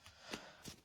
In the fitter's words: okay snaps right in there oh it's the snap okay yeah pull